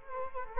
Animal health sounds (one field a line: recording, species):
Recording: mosquito wingbeat signal from an infrared sensor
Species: Culex quinquefasciatus